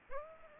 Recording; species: mosquito wingbeat signal from an infrared sensor; Aedes aegypti